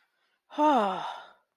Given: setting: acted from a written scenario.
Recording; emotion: vocal sound without words; awe